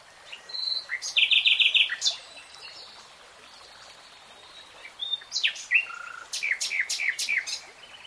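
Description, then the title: Nightingale: bird song of mixed chirps, a short fast trill of repeated notes, then varied sharp chips and slurred whistles after a brief pause. Nightingale singing in real time. "[Tiếng chim hót] 3 Hours REALTIME Nightingale Singing"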